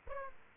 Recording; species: mosquito wingbeat signal from an infrared sensor; Aedes aegypti